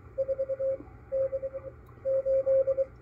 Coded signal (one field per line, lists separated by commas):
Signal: Morse code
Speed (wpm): 25 wpm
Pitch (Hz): 540 Hz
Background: radio noise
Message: 4 D 8